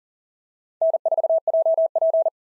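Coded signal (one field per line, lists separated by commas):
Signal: Morse code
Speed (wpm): 37 wpm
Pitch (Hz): 660 Hz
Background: none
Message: N4JP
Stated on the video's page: SOTA QSO practice exchanges at 40 wpm, each sent in Morse, then spoken, then sent again.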